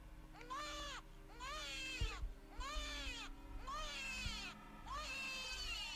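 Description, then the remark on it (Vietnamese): An eerie child's crying wails out in five drawn-out, rising-and-falling sobs, each lasting about a second, over a steady low droning hum with a couple of dull thumps. “Vừa quay người đi được mấy bước thì bọn trẻ con giật mình, nghe thấy đâu đó quanh đây có tiếng trẻ con khóc.”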